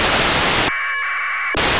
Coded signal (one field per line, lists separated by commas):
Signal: packet radio (AX.25, as in APRS)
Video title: ISS packet receive with rtl-sdr dongle and antenna turnstile.